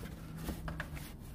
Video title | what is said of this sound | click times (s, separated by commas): Jaguar XE (XF, F Pace) 2.0 Diesel Ingenium Engine Oil Change | soon as you hear the click just stop that's | 0.7 s, 0.8 s